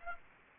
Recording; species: mosquito wingbeat signal from an infrared sensor; Aedes aegypti